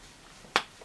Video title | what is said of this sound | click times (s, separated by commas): captain America marvel legends 20 year action figure unboxing review | there we go. Oh, nice click to that. | 0.6 s